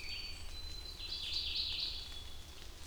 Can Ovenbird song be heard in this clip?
no